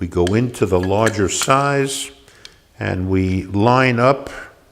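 A motor assembly with an o-ring is being lined up and pushed into the larger side of a handpiece handle housing while someone talks. No click is heard, and nothing has seated or clicked yet; the clip ends just before the part goes home.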